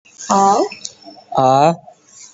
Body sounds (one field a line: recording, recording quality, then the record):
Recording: sustained vowel as in made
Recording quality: moderate, slight background noise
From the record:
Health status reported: COVID-19 positive, mild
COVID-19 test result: positive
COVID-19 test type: RT-PCR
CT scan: taken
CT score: 4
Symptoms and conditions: cough, breathing difficulty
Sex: male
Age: 18 years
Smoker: no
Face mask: not worn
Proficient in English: yes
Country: India